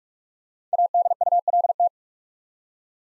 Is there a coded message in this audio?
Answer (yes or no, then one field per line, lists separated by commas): yes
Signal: Morse code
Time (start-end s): 0.7-1.9 s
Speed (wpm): 44 wpm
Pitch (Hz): 700 Hz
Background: none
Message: ADULT